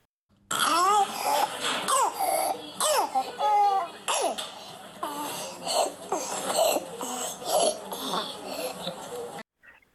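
About nine seconds of a young child's harsh coughing bursts mixed with high, squeaky, strained breaths and distressed crying, sounding like breathlessness. This is croup, a viral swelling of the upper airway usually seen in children aged six months to three years with runny nose, cough and fever, most often caused by parainfluenza virus and lasting about two to three days.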